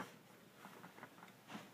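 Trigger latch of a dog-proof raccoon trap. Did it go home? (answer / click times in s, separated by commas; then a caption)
no / none. Someone handles a Freedom brand dog-proof raccoon trap, pushing its metal plunger toward the point where the trigger latch catches into the set position. Soft handling rustles come around 0.6 to 1.3 seconds, with a slightly louder scrape near 1.6 seconds. Nothing has seated or clicked yet.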